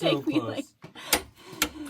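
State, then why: Torque reached. A click-type torque wrench tightens a steel leaf spring / U-shackle suspension bolt on a 2500 2WD Sprinter while someone talks. The wrench gives a sharp click at its set value at 1.6 s, and the bolt is confirmed torqued to about 75 foot-pounds.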